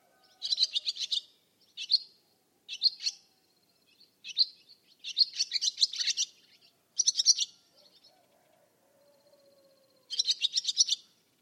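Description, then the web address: Bird song: high, rapid trilled bursts of chirps in several short phrases with irregular gaps, and a faint lower tone in the background. "Bird Only"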